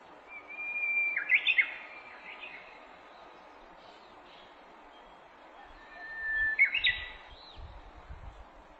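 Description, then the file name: Japanese bush warbler singing twice, each phrase opening with a held whistled note that breaks into a rapid ringing flourish; faint low rumble late. Recorded on 18 April 2008. "uguisu 080418"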